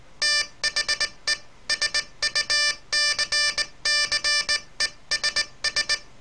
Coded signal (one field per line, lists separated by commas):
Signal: Morse code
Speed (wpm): 20 wpm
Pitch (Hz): 1800 Hz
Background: none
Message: THE SUCCESS